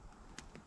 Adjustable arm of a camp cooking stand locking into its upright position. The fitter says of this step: this slides in the canteen and when you pull it up it locks